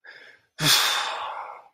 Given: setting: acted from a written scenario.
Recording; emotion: vocal sound without words; sadness